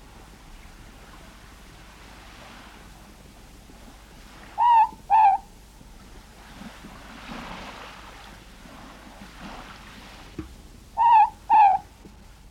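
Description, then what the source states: Morepork song: two mellow double hoots about six seconds apart, with gentle background wash and one faint tap. New Zealand.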